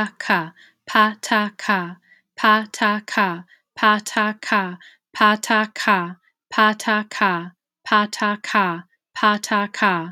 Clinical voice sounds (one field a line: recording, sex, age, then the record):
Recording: repeated syllables /pa ta ka/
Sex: female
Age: 40 to 49 years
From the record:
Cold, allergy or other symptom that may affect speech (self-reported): no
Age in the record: 41 years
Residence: Wisconsin, United States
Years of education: 17